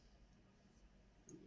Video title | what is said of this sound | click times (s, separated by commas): Mainline Monday Livestream! Tonight is N scale Best Scale! | There you go. It didn't latch. | none